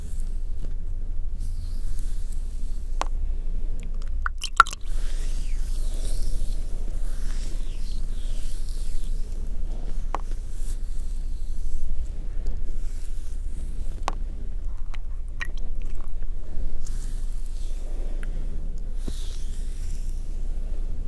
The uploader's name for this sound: ASMR Every liquid